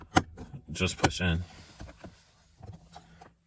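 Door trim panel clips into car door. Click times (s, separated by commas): 0.2 s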